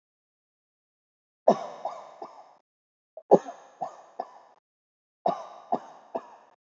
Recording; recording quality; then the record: heavy voluntary cough; excellent, no background noise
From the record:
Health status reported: healthy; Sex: male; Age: 38 years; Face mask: not worn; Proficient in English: yes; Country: India